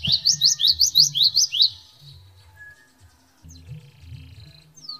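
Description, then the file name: Canary song: a quick run of bright rising notes for almost two seconds, then softer scattered chirps and thin whistles, over low background noise. Canary song in the 'isian glawing' style. "suara kenari isian glawing omkicau"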